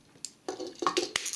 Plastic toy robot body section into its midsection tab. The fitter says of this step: just like that it's locked in really really tight